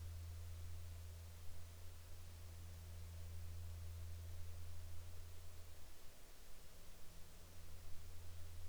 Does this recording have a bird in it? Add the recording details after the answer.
no. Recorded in the Arctic National Wildlife Refuge, Alaska, on 8 July 2019 at 03:51. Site 40